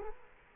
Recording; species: mosquito wingbeat signal from an infrared sensor; Culex quinquefasciatus